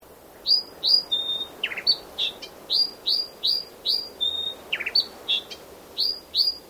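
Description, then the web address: Brown thornbill calls: a rapid series of high, slurred whistles mixed with two lower buzzy chatters and a few level piping notes. "Sound Effects-Foundation 1 BIRD BROWN THORN BILL CALL"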